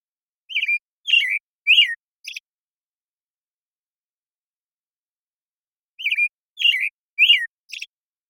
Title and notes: American Robin Morning Song. American Robin, Turdus migratorius, morning song, very long sequence, parabolic recording. Recorded in the beautiful Pacific Northwest, Washington, United States